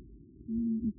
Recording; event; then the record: neck accelerometer signal played as sound; no cough (speech, laughter, throat clearing or background)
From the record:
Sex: male